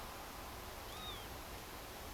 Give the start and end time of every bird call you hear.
0.88s-1.27s: Northern Lapwing

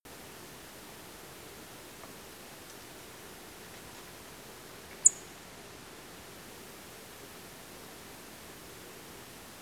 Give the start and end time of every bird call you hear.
5.01s-5.11s: Song Thrush

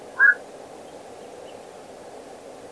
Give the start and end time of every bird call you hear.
0.13s-0.41s: Black-crowned Night-Heron

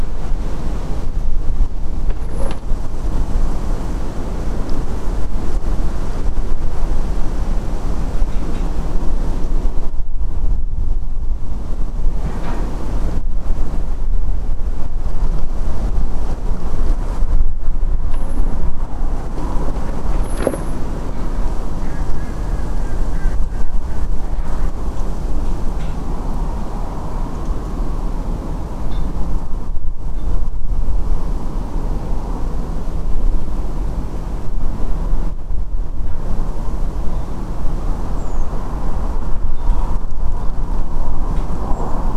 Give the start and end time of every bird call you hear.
21.83s-23.31s: Mallard
38.17s-38.43s: Redwing
41.73s-41.92s: Redwing

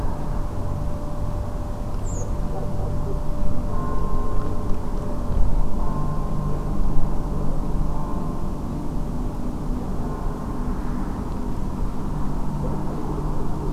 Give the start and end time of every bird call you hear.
2.04s-2.24s: Redwing

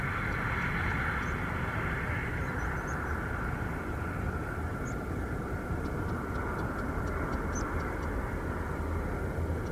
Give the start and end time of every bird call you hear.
2.86s-2.95s: Meadow Pipit
4.84s-4.95s: Meadow Pipit
7.54s-7.64s: Meadow Pipit

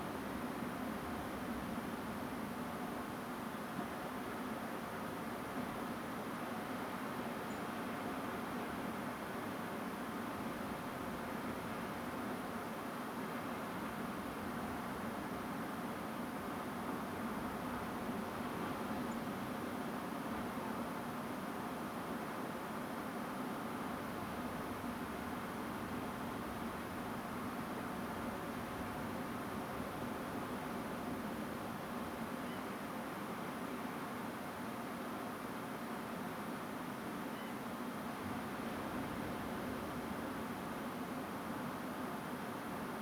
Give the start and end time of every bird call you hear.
7.49s-7.57s: Song Thrush
19.10s-19.14s: Song Thrush
32.46s-32.58s: Grey Heron
37.34s-37.57s: Grey Heron

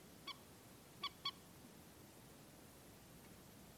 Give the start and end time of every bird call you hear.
0.27s-0.33s: Common Moorhen
1.03s-1.30s: Common Moorhen

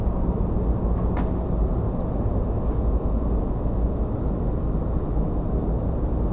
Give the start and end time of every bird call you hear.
1.96s-2.02s: Ortolan Bunting
2.25s-2.53s: Tree Pipit

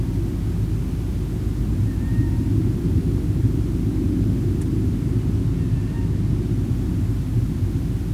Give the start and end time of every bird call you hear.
1.86s-2.31s: Eurasian Coot
5.59s-6.08s: Eurasian Coot

